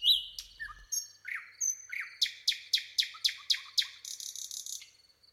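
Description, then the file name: Common nightingale singing a varied phrase of whistles that speeds into a loud, evenly repeated string of sharp notes ending in a quick trill. "Luscinia megarhynchos"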